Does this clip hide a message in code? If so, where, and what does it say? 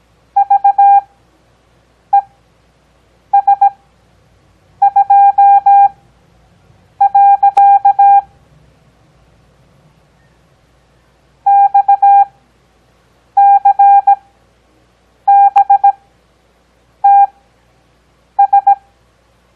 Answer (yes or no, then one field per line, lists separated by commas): yes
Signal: Morse code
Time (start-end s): 0.4-18.7 s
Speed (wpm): 17 wpm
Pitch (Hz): 800 Hz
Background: none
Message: VES2. XCBTS